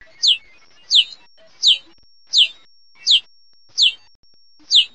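Hutton's vireo call: a clear, high, downslurred note repeated steadily about every 0.7 seconds, seven times, over a quiet background.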